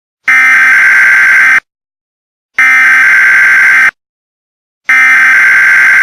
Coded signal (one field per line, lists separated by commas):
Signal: Emergency Alert System (SAME) tones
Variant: header bursts